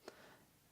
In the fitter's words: You'll also hear a little click.